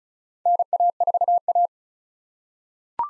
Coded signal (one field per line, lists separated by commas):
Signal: Morse code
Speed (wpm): 36 wpm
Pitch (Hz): 700 Hz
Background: none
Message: NA4A